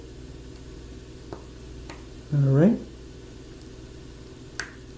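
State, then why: Seated. A display flex cable connector is lined up on its phone logic board socket and pressed down with the flat end of a plastic spudger. Someone talks briefly, a few faint taps sound, and a sharp click at 4.6 s marks the connector seating onto the socket.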